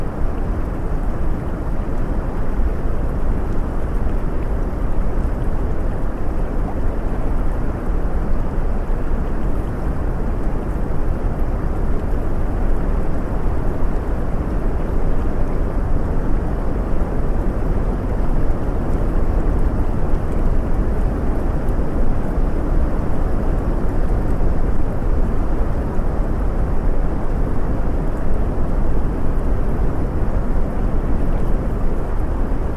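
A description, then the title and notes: A steady, dense roar of falling water beside a river, heavy in the low end with a constant rushing wash and no breaks throughout. WATERFALL BESIDE THE RIVER SOUNDS. A babbling brook sound.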